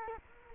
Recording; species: mosquito wingbeat signal from an infrared sensor; Culex quinquefasciatus